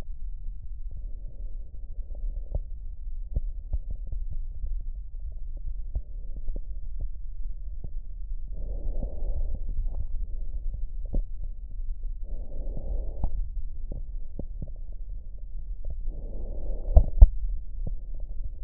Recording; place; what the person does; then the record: lung sounds by stethoscope; left posterior basal chest; quiet breathing, then deep breathing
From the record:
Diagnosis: asthma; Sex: female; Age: 74 years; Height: 155 cm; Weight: 63 kg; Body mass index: 26.2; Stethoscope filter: extended mode